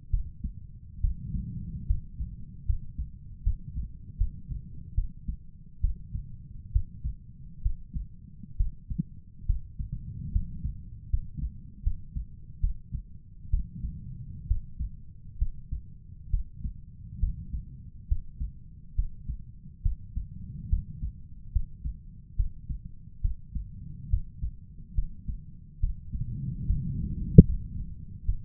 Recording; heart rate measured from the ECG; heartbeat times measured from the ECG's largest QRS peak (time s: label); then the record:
heart sounds by stethoscope; 70 bpm
0.10 s: heartbeat
1.01 s: heartbeat
1.86 s: heartbeat
2.65 s: heartbeat
3.43 s: heartbeat
4.17 s: heartbeat
4.94 s: heartbeat
5.80 s: heartbeat
6.72 s: heartbeat
7.62 s: heartbeat
8.57 s: heartbeat
9.46 s: heartbeat
10.32 s: heartbeat
11.09 s: heartbeat
11.83 s: heartbeat
12.60 s: heartbeat
13.50 s: heartbeat
14.47 s: heartbeat
15.38 s: heartbeat
16.30 s: heartbeat
17.19 s: heartbeat
18.08 s: heartbeat
18.95 s: heartbeat
19.82 s: heartbeat
20.69 s: heartbeat
21.52 s: heartbeat
22.36 s: heartbeat
23.21 s: heartbeat
24.09 s: heartbeat
24.94 s: heartbeat
25.80 s: heartbeat
26.66 s: heartbeat
27.45 s: heartbeat
28.25 s: heartbeat
From the record:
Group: healthy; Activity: rest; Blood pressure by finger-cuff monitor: 112/70 mmHg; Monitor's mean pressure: 86 mmHg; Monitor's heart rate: 70 bpm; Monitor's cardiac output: 5.8 L/min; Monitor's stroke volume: 81 mL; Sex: male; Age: 35 years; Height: 178 cm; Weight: 64 kg